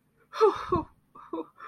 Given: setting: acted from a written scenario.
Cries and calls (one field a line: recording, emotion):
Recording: vocal sound without words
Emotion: distress